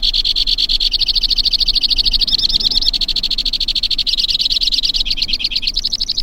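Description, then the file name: White-winged crossbill song: a long, fast, buzzy trill held at one high pitch, shifting speed and dropping slightly lower near the end. "suara-kicauan-burung-white-winged-crossbill 2-omkicau"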